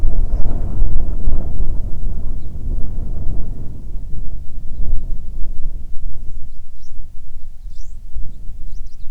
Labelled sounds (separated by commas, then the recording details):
bird, wind
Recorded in the Arctic National Wildlife Refuge, Alaska, on 9 July 2019 at 22:17
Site 48